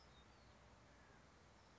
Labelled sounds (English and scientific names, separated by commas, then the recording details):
California Towhee (Melozone crissalis)
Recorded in Sonoma County, California